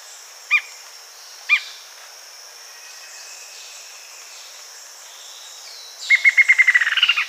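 Bird heard as two sharp single notes a second apart, then quiet hiss, then a quick run of evenly repeated notes that rises at the end.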